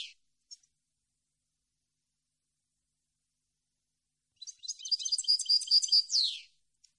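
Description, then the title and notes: European goldfinch song: faint isolated notes, a long silence, then one rapid twittering phrase of high liquid notes ending in a buzzy descending slur. Clean goldfinch song from a CD intended for song copying and training. "Cd Jilguero. Cd de canto de jilguero limpio para copia"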